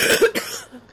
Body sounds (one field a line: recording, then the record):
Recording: coughing mixed with background sound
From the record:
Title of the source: 30 Chesty and wet cough